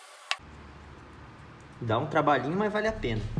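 After the new lower ball joint on a truck's front suspension is greased, a retaining ring is pushed onto the ball joint's dust boot. One sharp, short click at 0.3 s marks the ring snapping into place, seated. Someone then talks from about 1.8 s to the end.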